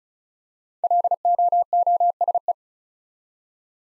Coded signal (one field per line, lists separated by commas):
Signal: Morse code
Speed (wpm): 36 wpm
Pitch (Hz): 700 Hz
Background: none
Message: LOOSE